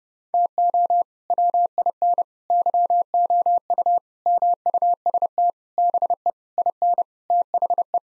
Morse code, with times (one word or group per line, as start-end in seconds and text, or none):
0.3-1.0 TO
1.3-2.2 WIN
2.5-4.0 YOU
4.3-5.5 MUST
5.8-6.3 BE
6.6-7.0 IN
7.3-8.0 THE